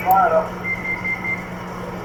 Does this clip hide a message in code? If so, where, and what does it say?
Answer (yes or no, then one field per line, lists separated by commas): no